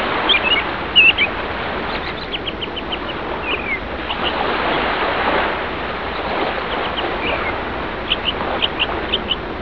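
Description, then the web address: Bird calls: scattered short chirps and brief slurred notes over a steady broad hiss, some in quick runs of four or five. "特酷声音素材库 动物 鸟 Bird"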